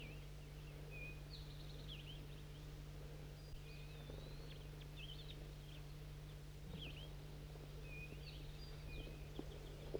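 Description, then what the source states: Crossbill calls, repeated short chirping and twisting notes, with one drawn-out whistled note midway, over a constant low hum. Flock of crossbills at a net site, some caught in the net, the rest in a nearby dead pine tree.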